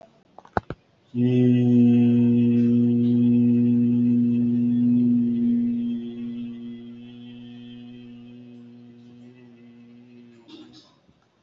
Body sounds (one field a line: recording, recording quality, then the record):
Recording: sustained vowel as in beet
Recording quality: excellent, no background noise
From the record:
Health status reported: respiratory illness, not identified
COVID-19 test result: negative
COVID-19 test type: RT-PCR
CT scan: taken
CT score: 2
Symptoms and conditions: cold, breathing difficulty, chronic lung disease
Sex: male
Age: 63 years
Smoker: no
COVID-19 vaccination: one dose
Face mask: worn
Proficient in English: yes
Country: India